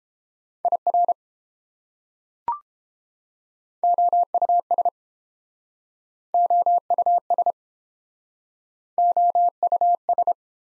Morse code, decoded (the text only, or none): IR OUS OUS OUS